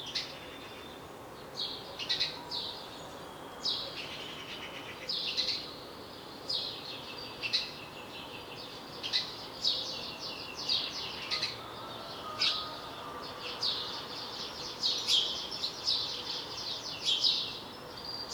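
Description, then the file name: House sparrow chirping continuously, many short notes growing busier toward the end, with background hiss. "Passer domesticus"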